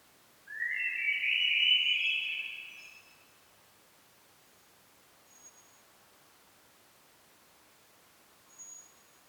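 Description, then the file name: Common blackbird giving a single full, fluty warbled phrase, then quiet with only faint notes. "Turdus merula"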